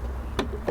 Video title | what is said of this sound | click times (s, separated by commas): Luggie Folding Mobility Scooter Ideal World Promotion July 2021 | like so securely into place securely locked into place | 0.4 s